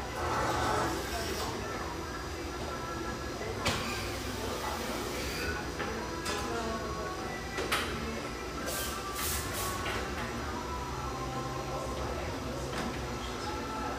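A busy café with a steady bed of overlapping chatter and a low, constant rumble underneath. Short clinks and clatters of dishes break through now and then, around the fourth, eighth, and ninth to tenth seconds, while voices murmur throughout.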